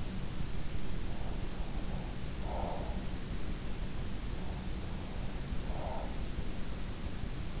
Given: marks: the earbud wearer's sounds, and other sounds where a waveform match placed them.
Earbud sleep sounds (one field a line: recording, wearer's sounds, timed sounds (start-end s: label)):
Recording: sounds in sleep by an in-ear microphone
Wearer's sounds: breath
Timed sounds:
1.29-2.99 s: breath
4.33-6.02 s: breath